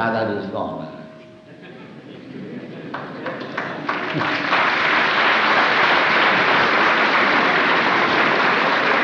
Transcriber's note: loud applause